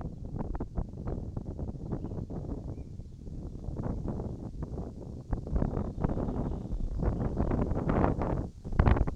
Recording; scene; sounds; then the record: everyday scene through a hearing-aid microphone; wind on the microphone; wind, birds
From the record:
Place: in front of a rural house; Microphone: in the ear canal, right